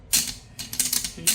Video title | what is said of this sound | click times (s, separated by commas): Crown Electric Bidet Seat by Bidet King Installation and use. | it locks into place | 0.8 s, 1.3 s